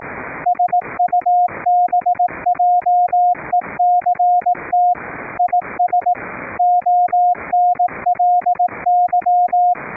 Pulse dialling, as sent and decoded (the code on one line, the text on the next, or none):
none